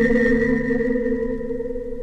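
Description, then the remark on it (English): A flying craft lifts off with a steady, loud mechanical drone built from layered humming tones, holding constant pitch and easing slightly in volume over two seconds. No voices. “It's trying to take off again. And they're succeeding this time. It's definitely moving.”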